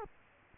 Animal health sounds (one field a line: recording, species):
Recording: mosquito wingbeat signal from an infrared sensor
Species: Culex quinquefasciatus